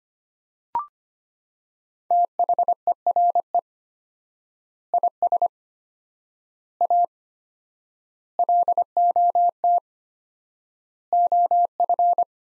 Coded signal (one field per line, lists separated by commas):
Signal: Morse code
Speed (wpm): 25 wpm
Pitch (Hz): 700 Hz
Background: none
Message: THERE IS A LOT OF